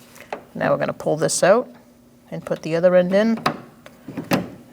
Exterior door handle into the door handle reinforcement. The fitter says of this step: I'm going to slide it down so it clicks in place.